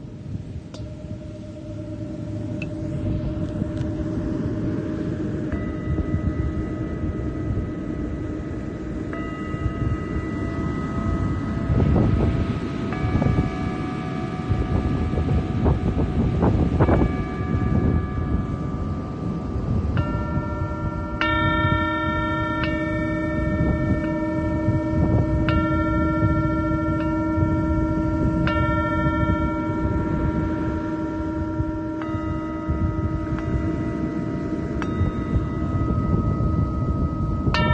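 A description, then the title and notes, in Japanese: Singing bowls ring with long, steady sustained tones that layer and overlap, with new bowls joining around 5, 13 and 20 seconds. From about 21 seconds bright, higher ringing notes are struck repeatedly every few seconds over a constant low rumbling wash. メキシコから シンギングボウルのサウンドヒーリング ライブ。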